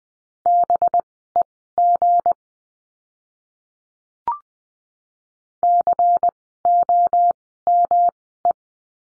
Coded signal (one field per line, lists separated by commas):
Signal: Morse code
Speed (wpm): 20 wpm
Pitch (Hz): 700 Hz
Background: none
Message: BEG COME